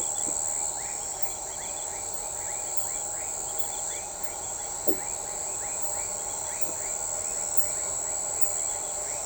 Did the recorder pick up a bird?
no